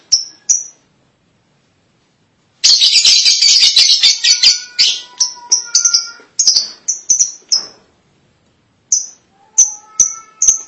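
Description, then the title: Lovebird giving sharp, high squeaks, then a long burst of rasping chatter followed by a string of short piercing chirps repeated roughly twice a second. "Suara Burung Lovebird"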